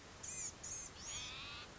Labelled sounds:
Blue-gray Gnatcatcher (Polioptila caerulea)
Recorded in Sonoma County, California

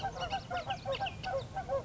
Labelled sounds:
Bullock's Oriole (Icterus bullockii)
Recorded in Sonoma County, California

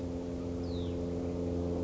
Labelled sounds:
Hutton's Vireo (Vireo huttoni)
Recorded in Sonoma County, California

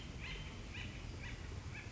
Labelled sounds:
Acorn Woodpecker (Melanerpes formicivorus)
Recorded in Sonoma County, California

